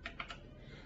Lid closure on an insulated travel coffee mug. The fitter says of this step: it clicks right into place and